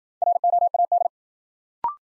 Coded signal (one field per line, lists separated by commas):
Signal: Morse code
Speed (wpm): 53 wpm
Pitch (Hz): 700 Hz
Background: none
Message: ROAD